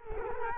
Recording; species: mosquito wingbeat signal from an infrared sensor; Culex quinquefasciatus